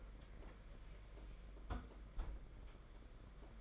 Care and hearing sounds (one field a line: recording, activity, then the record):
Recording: daily activity, microphone in the room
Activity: close fridge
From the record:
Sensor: 5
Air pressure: 992.0 hPa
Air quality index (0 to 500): 200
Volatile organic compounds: 1000 ppm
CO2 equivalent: 5752 ppm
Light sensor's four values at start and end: 29/100/37/39 and 29/101/37/39